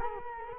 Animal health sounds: mosquito wingbeat signal from an infrared sensor; Culex quinquefasciatus

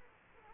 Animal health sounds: mosquito wingbeat signal from an infrared sensor; Aedes aegypti

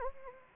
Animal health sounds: mosquito wingbeat signal from an infrared sensor; Anopheles arabiensis

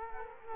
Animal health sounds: mosquito wingbeat signal from an infrared sensor; Culex quinquefasciatus

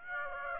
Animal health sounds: mosquito wingbeat signal from an infrared sensor; Aedes aegypti

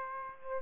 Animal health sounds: mosquito wingbeat signal from an infrared sensor; Aedes aegypti

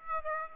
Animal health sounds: mosquito wingbeat signal from an infrared sensor; Aedes aegypti

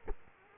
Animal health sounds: mosquito wingbeat signal from an infrared sensor; Culex quinquefasciatus

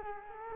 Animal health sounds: mosquito wingbeat signal from an infrared sensor; Culex quinquefasciatus

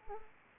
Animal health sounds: mosquito wingbeat signal from an infrared sensor; Anopheles arabiensis

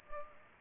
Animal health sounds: mosquito wingbeat signal from an infrared sensor; Culex pipiens

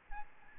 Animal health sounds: mosquito wingbeat signal from an infrared sensor; Aedes albopictus

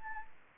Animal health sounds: mosquito wingbeat signal from an infrared sensor; Anopheles arabiensis

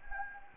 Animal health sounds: mosquito wingbeat signal from an infrared sensor; Anopheles gambiae

